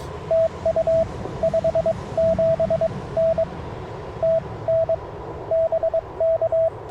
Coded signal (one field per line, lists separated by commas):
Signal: Morse code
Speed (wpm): 22 wpm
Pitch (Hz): 650 Hz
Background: radio noise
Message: TU 57N TN BK